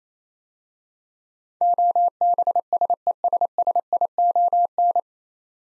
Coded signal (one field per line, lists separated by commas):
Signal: Morse code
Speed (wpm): 27 wpm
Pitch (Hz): 700 Hz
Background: none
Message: OBSESSION